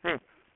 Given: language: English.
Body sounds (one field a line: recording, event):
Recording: throat vibration sensor signal played as sound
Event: speech